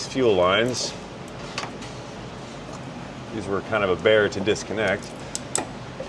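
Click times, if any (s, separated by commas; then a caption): 5.3 s, 5.5 s. A fuel line quick-connect fitting is pushed onto the fuel tank sending unit nipple under a truck while someone talks. Two sharp clicks are heard at 5.4 s and 5.6 s as the connector seats and locks in.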